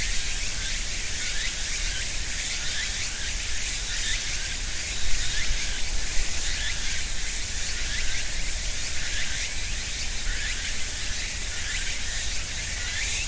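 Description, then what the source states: Cicadas and other insects form a dense, steady high buzzing chorus throughout, with low rumbling traffic or machinery underneath. Cicadas with other insects at end of summer, ornamental cherry trees between small river and residential neighborhood, Japan, about 13:00; traffic and rice harvester audible; Sony PCM-M10, EM172 mics, quasi-binaural on tree trunk.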